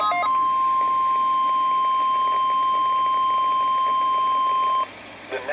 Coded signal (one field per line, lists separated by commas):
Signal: Emergency Alert System (SAME) tones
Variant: 1050 Hz attention tone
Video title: Chaotic Hellstorm IV Severe Craziness| EAS Alerts From 5/3/2021 (EAS #420-477)